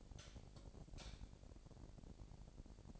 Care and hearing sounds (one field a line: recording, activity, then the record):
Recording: daily activity, microphone in the room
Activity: light off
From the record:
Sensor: 5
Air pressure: 1012.0 hPa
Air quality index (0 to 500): 248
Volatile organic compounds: 4 ppm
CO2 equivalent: 1687 ppm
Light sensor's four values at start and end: 39/93/38/41 and 38/88/37/39